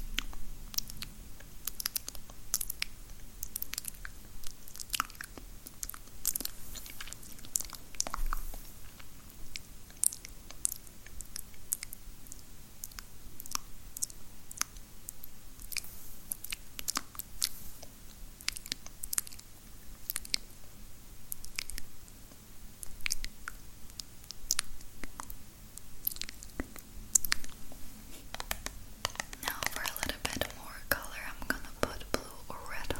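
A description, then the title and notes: Spit painting with random objects: wet mouth sounds and sharp little clicks and taps come in a dense, irregular stream throughout. The sounds stay quiet, with a brief brighter, hissier stretch around the thirty-second mark. Girl With Long Nails Spit Paints You With Random Objects.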